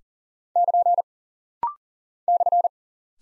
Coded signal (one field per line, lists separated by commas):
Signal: Morse code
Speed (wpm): 38 wpm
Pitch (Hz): 700 Hz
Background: none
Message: <KN> /